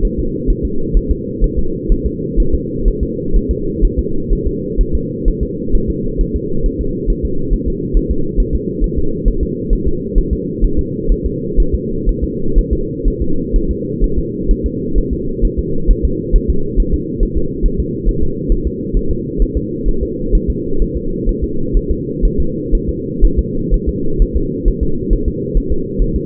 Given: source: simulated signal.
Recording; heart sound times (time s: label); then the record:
fetal heart sounds
0.05 s: S1
0.19 s: S2
0.50 s: S1
0.65 s: S2
0.97 s: S1
1.11 s: S2
1.44 s: S1
1.59 s: S2
1.92 s: S1
2.06 s: S2
2.40 s: S1
2.54 s: S2
2.88 s: S1
3.03 s: S2
3.36 s: S1
3.51 s: S2
3.85 s: S1
3.99 s: S2
4.33 s: S1
4.47 s: S2
4.81 s: S1
4.95 s: S2
5.28 s: S1
5.43 s: S2
5.75 s: S1
5.90 s: S2
6.21 s: S1
6.36 s: S2
6.66 s: S1
6.81 s: S2
7.10 s: S1
7.25 s: S2
7.54 s: S1
7.68 s: S2
7.97 s: S1
8.11 s: S2
8.40 s: S1
8.55 s: S2
8.84 s: S1
8.98 s: S2
9.28 s: S1
9.43 s: S2
9.73 s: S1
9.88 s: S2
10.18 s: S1
10.33 s: S2
10.64 s: S1
10.79 s: S2
11.12 s: S1
11.26 s: S2
11.60 s: S1
11.75 s: S2
12.09 s: S1
12.24 s: S2
12.58 s: S1
12.73 s: S2
13.08 s: S1
13.22 s: S2
13.56 s: S1
13.71 s: S2
14.04 s: S1
14.19 s: S2
14.51 s: S1
14.66 s: S2
14.98 s: S1
15.13 s: S2
15.45 s: S1
15.59 s: S2
15.91 s: S1
16.05 s: S2
16.36 s: S1
16.50 s: S2
16.80 s: S1
16.94 s: S2
17.23 s: S1
17.38 s: S2
17.66 s: S1
17.80 s: S2
18.09 s: S1
18.23 s: S2
18.52 s: S1
18.67 s: S2
18.97 s: S1
19.11 s: S2
19.42 s: S1
19.57 s: S2
19.88 s: S1
20.03 s: S2
20.35 s: S1
20.50 s: S2
20.82 s: S1
20.97 s: S2
21.29 s: S1
21.44 s: S2
21.77 s: S1
21.91 s: S2
22.25 s: S1
22.40 s: S2
22.75 s: S1
22.89 s: S2
23.25 s: S1
23.39 s: S2
23.74 s: S1
23.89 s: S2
24.22 s: S1
24.37 s: S2
24.68 s: S1
24.83 s: S2
25.13 s: S1
25.28 s: S2
25.57 s: S1
25.72 s: S2
26.02 s: S1
26.16 s: S2
From the record:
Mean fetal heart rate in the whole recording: 130 bpm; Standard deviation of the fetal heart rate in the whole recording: 4 bpm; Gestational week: 38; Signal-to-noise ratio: -8.1 dB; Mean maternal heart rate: 72 bpm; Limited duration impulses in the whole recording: absent